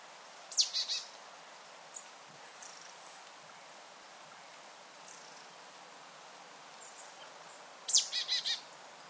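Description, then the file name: Marsh tit calling twice, each a sharp high note followed by a few nasal, buzzy notes in quick succession, with a long quiet gap between. "Poecile palustris"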